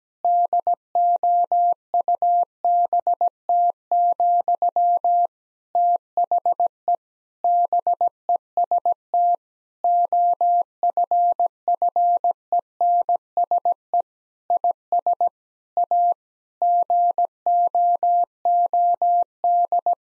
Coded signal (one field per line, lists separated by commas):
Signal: Morse code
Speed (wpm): 17 wpm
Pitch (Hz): 700 Hz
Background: none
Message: DOUBT, THE BEST OFFENSE IS A GOOD